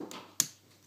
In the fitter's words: just like that. You'll hear it pop.